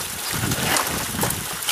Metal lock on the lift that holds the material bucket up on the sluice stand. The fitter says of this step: Lock the lock into place.